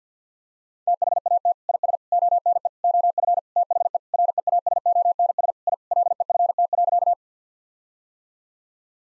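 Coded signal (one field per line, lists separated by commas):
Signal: Morse code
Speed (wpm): 50 wpm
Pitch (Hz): 700 Hz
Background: none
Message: THAT IS ONE OF THE REASONS I LEFT.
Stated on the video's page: Morse code sentences of common four-word phrases at 50 wpm, sent, then spoken, then sent again; first words spoken beforehand as a guide; head-copy practice.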